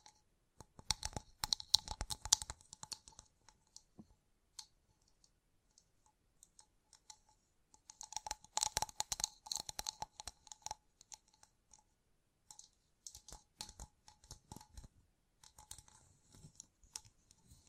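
Gem-covered fingertips tap and scratch in quick, crisp bursts of clicks and crunchy scrapes. Busy flurries come at about 1 to 3 seconds and 8 to 11 seconds, with sparser taps between and a looser run from 12 to 17 seconds. A faint ringing tone sits under the louder bursts.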